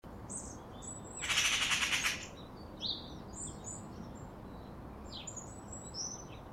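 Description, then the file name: Eurasian magpie giving one harsh, rattling chatter of rapid notes, while other small birds chirp and twitter with high, short notes throughout. "Pica pica"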